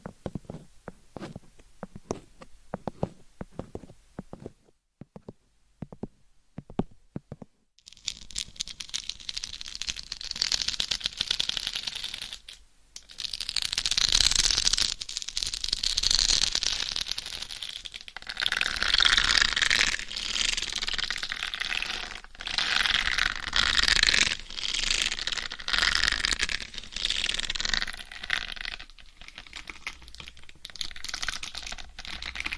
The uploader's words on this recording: ASMR Mic Scratching , Tapping & Massage with 15 DIFFERENT MICS Covers & Nails No Talking.